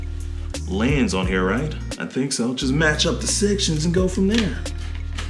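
A Mamiya lens is being lined up with the sections of the bayonet mount on a Mamiya RZ67 Pro II medium-format camera body while someone talks over background music. The lens has not seated or clicked into the mount yet.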